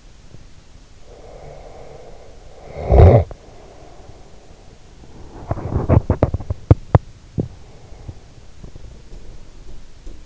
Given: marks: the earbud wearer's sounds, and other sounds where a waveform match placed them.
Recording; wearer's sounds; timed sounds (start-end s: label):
sounds in sleep by an in-ear microphone; teeth grinding, snoring breath
0.25-0.54 s: teeth grinding
1.11-4.77 s: snoring breath
5.00-10.25 s: teeth grinding